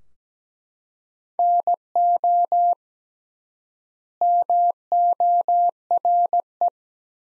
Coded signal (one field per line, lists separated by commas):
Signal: Morse code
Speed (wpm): 17 wpm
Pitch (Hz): 700 Hz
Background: none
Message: NO MORE